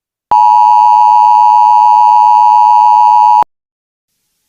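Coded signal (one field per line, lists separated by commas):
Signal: Emergency Alert System (SAME) tones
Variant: 853 and 960 Hz attention tone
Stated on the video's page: Fictional EAS scenario.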